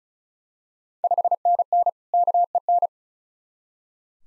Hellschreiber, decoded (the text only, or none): none